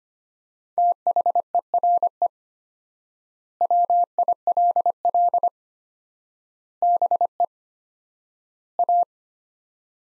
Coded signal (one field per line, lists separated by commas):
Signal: Morse code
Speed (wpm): 25 wpm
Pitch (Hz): 700 Hz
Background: none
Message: THERE WILL BE A